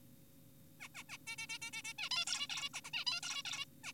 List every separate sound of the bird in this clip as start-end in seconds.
0.80-0.88, 0.95-1.03, 1.09-1.18, 1.27-1.36, 1.38-1.47, 1.50-1.58, 1.62-1.71, 1.73-1.82, 1.85-1.94, 1.98-2.09, 2.11-2.25, 2.27-2.47, 2.50-2.69, 2.74-2.81, 2.85-2.91, 2.94-3.04, 3.07-3.20, 3.23-3.43, 3.45-3.65, 3.84-3.92